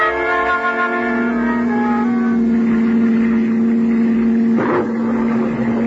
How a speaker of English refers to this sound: An hour later, you're racing across the English countryside, the rain driving against you as the car swerves perilously along the narrow cliff road.